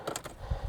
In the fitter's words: I can hear the popping sound,